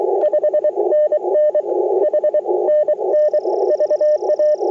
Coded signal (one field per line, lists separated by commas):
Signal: Morse code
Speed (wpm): 21 wpm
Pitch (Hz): 590 Hz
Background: none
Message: 5NN H NN VA